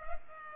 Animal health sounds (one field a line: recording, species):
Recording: mosquito wingbeat signal from an infrared sensor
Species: Culex pipiens